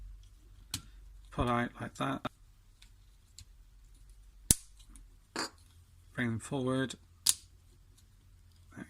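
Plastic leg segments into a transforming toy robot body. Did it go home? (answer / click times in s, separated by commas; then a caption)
yes / 7.3 s. Someone talks while bringing the plastic leg segments of a Transformers G1 reissue Devastator toy robot forward, with a few sharp plastic ticks and a loud snap around 4.5 s. The leg parts click into position on the robot body at 7.3 s, seating firmly.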